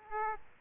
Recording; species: mosquito wingbeat signal from an infrared sensor; Aedes aegypti